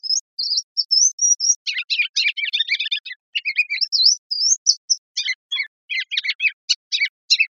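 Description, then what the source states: Ruby-crowned kinglet song of high, thin notes alternating with quick chattering bursts, the phrase pattern repeated twice. Recorded 15 March 2003.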